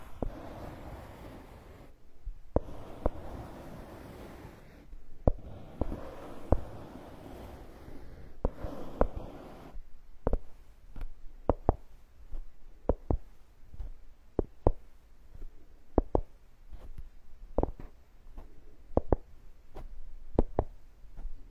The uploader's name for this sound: Tree Ear Picking Supreme Spa Ear Massage